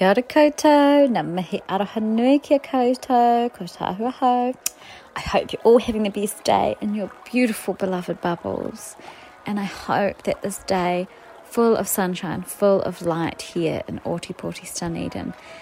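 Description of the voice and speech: A single adult woman, a radio presenter in Dunedin, New Zealand, greets her listeners. She speaks fluently in a warm, expressive voice with lively, varied pitch, opening with a greeting in Māori and then continuing in English. Her phrasing is smooth, with natural short pauses and no stuttering, slurring or hoarseness. This is ordinary connected speech.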